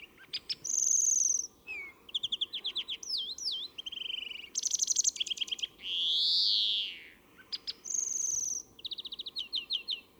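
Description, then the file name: European greenfinch song: rapid trills and twitters at varied pitches, a downslurred whistle, and a long nasal arched wheeze in the middle. "Chloris chloris"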